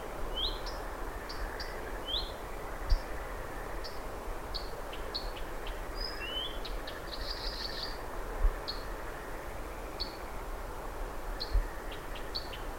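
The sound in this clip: Blyth's Reed Warbler singing unhurried, spaced phrases of high whistles, ticks and a brief buzzy note, separated by short gaps, with constant low-pitched background noise.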